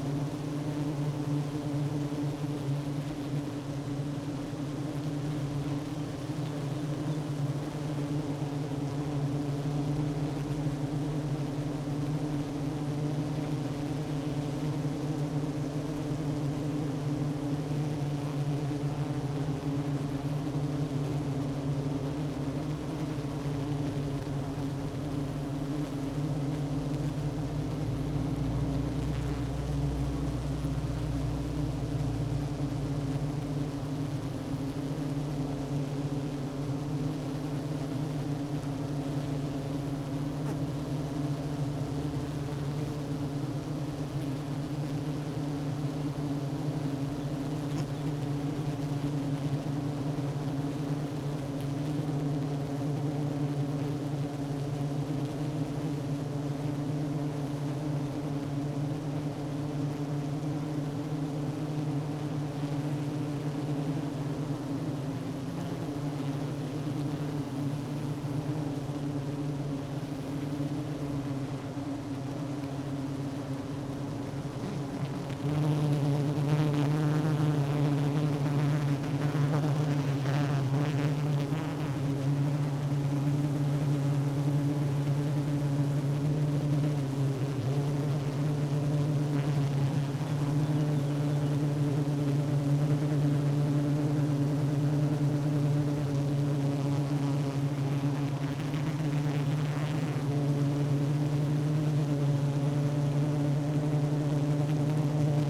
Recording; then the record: honeybee colony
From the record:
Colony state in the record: active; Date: 12 June 2018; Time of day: 10:20